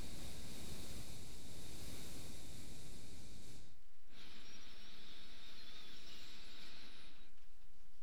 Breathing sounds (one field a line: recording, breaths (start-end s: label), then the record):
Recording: nose breathing near a microphone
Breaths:
0.00-3.89 s: exhalation
3.89-7.44 s: inhalation
From the record:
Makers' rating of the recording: medium